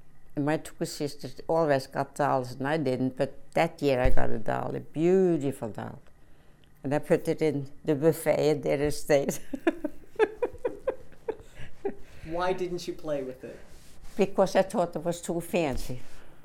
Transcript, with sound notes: And my two sisters always got dolls and I didn't but that year I got a doll, a beautiful doll. And I put it in the buffet there instead. (she laughs)
Why didn't you play with it?
Because I thought it was too fancy.